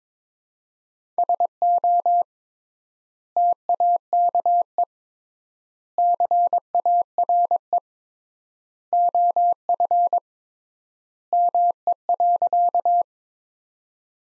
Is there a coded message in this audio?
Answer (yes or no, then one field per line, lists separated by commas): yes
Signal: Morse code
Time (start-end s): 1.2-13.0 s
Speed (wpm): 22 wpm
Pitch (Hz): 700 Hz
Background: none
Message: SO TAKE CARE OF ME.